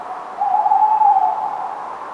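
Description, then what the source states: Tawny owl giving a single drawn-out, slightly wavering hoot lasting about a second, against a soft steady hiss. More than one owl; Somerset, 28 August 2017, at night around 01:25.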